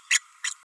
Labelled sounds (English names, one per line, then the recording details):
Green-rumped Parrotlet babbling
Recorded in a nest box in Venezuela
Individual 18B104A5